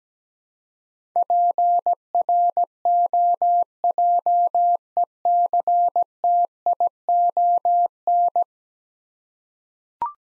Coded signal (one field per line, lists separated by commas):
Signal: Morse code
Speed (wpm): 17 wpm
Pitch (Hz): 700 Hz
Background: none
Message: PROJECTION